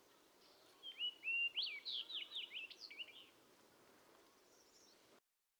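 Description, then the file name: Fox sparrow song: a rich phrase of slurred, whistled notes, rising and falling, lasting about two and a half seconds, then quiet background. "Fox Sparrow - Passerella iliaca"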